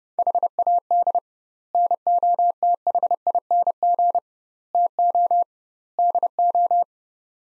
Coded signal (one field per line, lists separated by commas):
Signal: Morse code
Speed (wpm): 30 wpm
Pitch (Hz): 700 Hz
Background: none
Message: HAD NOTHING TO DO